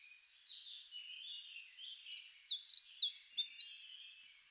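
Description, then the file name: Eurasian wren song, quiet high chattering that swells into a burst of loud, rapid sharp notes before fading. "Troglodytes troglodytes"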